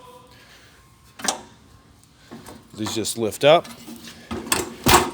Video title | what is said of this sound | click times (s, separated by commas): 2020 Stratus 231VRB (3887) | go into the door frame snap right into place there so on both sides | 4.5 s